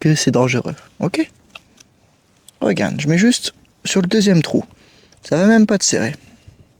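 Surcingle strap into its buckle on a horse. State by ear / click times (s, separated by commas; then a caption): not seated / none. A surcingle (a riding girth band) strap is being fastened into its buckle on a horse, set only on the second hole so it stays loose. A man talks, with a few faint short knocks around 1.6 s, 1.8 s and 2.5 s between his words. Nothing has seated or clicked yet.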